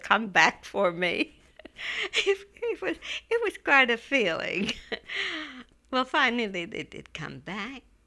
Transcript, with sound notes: come back for me. ( she laughs ) It was, it was quite a feeling. Well, finally they did come back,